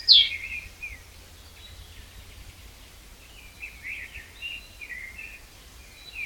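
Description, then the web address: Great tit calls: one loud, sharp high note opens, followed by an irregular string of softer chirping notes against quiet background noise. "SETE Parus major"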